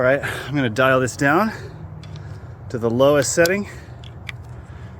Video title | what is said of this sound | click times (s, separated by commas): Instant Tension Adjustment with RETENSER | just like that one two clicks | 4.1 s, 4.3 s